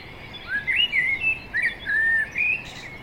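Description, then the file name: Common blackbird song: a short run of mellow, whistled notes that slide up and down, heard clearly over light background hiss. "Turdus merula"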